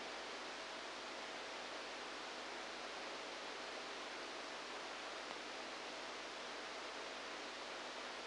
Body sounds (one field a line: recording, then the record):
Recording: brain microelectrode recording played as sound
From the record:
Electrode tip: outside the subthalamic nucleus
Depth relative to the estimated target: -6 mm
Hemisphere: left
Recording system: NeuroSet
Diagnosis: Parkinson's disease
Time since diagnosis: 10 years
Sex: male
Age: 63 years